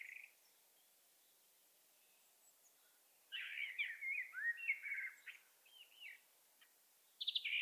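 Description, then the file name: Common blackbird song: a brief fluted note opens, then a long mellow warbled phrase around the middle, and a higher squeaky flourish right at the end. "Turdus merula"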